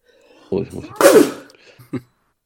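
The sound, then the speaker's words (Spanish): A single loud sneeze: a short voiced intake builds into an explosive, hissy burst, then a brief faint sound trails after. No one talks. “Un estornudo, que no me ha dado tiempo a mutear porque tenía que decir 16 Matrix.”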